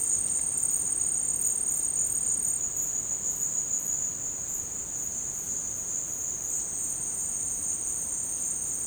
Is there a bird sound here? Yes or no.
no